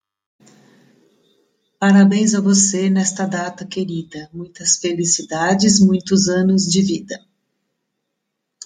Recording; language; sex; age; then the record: short text; Brazilian Portuguese; female; 60 to 69 years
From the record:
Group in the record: control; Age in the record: 69 years